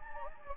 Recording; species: mosquito wingbeat signal from an infrared sensor; Anopheles gambiae